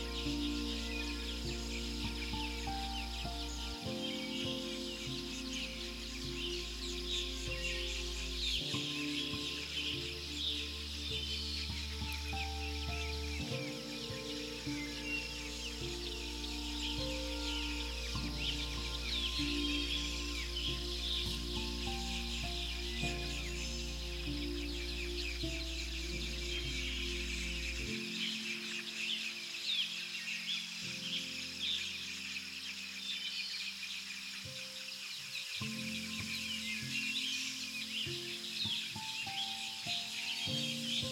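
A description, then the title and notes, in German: Forest birds chirp steadily in bright, dense layers over soft sustained melodic chords with low bass notes that change every few seconds, dropping away near 28 seconds. Zwitschern der Waldvögel, harmonisch vermischt mit sanften und beruhigenden Melodien.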